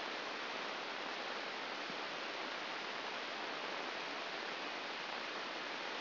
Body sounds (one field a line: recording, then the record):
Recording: brain microelectrode recording played as sound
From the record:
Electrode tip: inside the subthalamic nucleus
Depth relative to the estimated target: 2 mm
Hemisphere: right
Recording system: AlphaMap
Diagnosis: Parkinson's disease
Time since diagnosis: 12 years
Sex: female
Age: 47 years